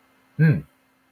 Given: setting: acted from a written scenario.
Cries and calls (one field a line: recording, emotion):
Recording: vocal sound without words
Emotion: pride